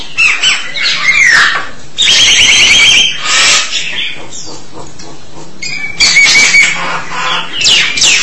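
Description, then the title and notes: Starling song, a varied jumble of harsh grating notes, buzzy rattles and sharp whistles that rise and fall, given in loud bursts separated by short pauses. "suara burung jalak"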